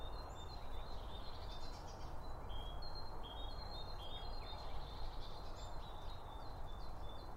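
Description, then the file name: Birds chirp in bright high notes, several short twitters in a row, over a steady low-pitched hum. Birds around a bird feeder; recorded with two Line Audio OM1 microphones. "Birds Around Birdfeeding With Two Om 1 From Line Audio"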